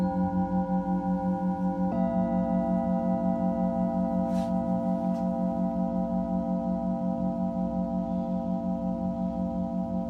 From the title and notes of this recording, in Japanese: メキシコから シンギングボウルのサウンドヒーリング ライブ。